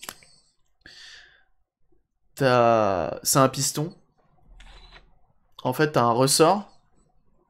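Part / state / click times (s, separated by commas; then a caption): desoldering pump piston into its cocked latch / not seated / none. A desoldering pump (solder sucker) is handled while its spring-loaded piston is about to be pushed down into its cocked latch. Short clicks and handling noises are heard between stretches of someone talking. The clip ends before the piston latches, so nothing has seated or clicked into place yet.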